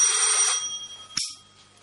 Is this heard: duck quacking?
no